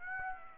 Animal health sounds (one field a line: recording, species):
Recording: mosquito wingbeat signal from an infrared sensor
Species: Aedes aegypti